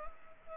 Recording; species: mosquito wingbeat signal from an infrared sensor; Anopheles gambiae